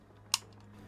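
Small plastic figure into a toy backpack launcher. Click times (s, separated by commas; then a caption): 0.3 s. A folded plastic Prowler figure from the vintage 1986–1987 Kenner Silverhawks line, wings tucked up, is slid and pushed all the way into its plastic backpack launcher. It locks into place with one sharp, bright click at 0.3 s, followed by two faint ticks around 0.5 and 0.6 s over a steady low hum.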